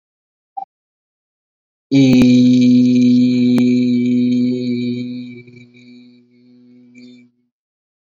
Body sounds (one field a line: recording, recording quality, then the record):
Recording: sustained vowel as in beet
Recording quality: excellent, no background noise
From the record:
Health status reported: exposed to COVID-19, no respiratory illness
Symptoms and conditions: cough, sore throat, fatigue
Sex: male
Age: 25 years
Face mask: not worn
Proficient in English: yes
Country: India